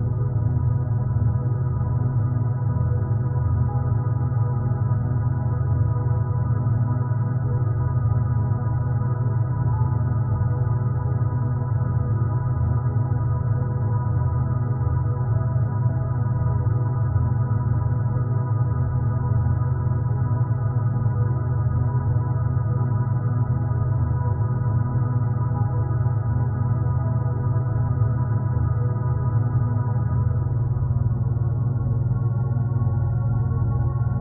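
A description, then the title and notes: Binaural beats: a steady, unbroken low hum, strongest deep in the bass, with a stack of faint, even overtones above it and nothing bright on top. The level never changes across the whole stretch, with a soft ringing quality like a sustained singing bowl. Binaural Beats.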